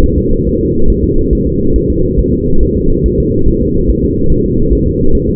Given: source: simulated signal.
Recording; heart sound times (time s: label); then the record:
fetal heart sounds
0.04 s: S1
0.18 s: S2
0.47 s: S1
0.61 s: S2
0.90 s: S1
1.04 s: S2
1.33 s: S1
1.47 s: S2
1.76 s: S1
1.90 s: S2
2.19 s: S1
2.33 s: S2
2.63 s: S1
2.77 s: S2
3.06 s: S1
3.20 s: S2
3.48 s: S1
3.62 s: S2
3.90 s: S1
4.04 s: S2
4.32 s: S1
4.46 s: S2
4.73 s: S1
4.87 s: S2
5.15 s: S1
5.29 s: S2
From the record:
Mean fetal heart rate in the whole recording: 140 bpm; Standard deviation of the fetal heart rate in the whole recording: 2 bpm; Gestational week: 34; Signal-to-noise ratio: -17.7 dB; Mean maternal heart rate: 72 bpm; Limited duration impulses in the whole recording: present